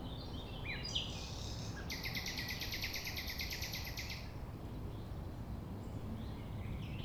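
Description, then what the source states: Common nightingale song: a dense, buzzy churring trill for about two seconds after a few short notes, then quieter notes under constant low rumble. Recorded at 6 A.M. at sunrise near the Thève, Champ de Ménage; the nightingale sings without waiting for silence.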